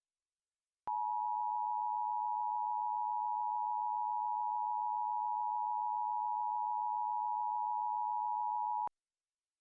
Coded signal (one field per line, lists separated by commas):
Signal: Emergency Alert System (SAME) tones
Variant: 853 and 960 Hz attention tone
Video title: EAS Scenario - "Us"